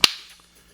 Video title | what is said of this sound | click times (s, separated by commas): BEST GoPro Alternative AKASO Action Camera REVIEW | You hear a snap just like that. | 0.0 s